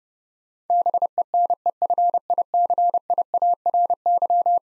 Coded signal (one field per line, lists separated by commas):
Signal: Morse code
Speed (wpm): 30 wpm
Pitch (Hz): 700 Hz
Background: none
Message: BENEFICIARY